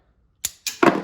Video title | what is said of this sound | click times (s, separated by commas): AR Chamber Lock Changing the Combination | Just press down to have it pop out. | 0.4 s